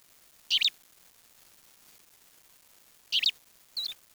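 Bird calls: sharp, high chirps, with one early, a second after a long pause and a softer note just after it, in near silence.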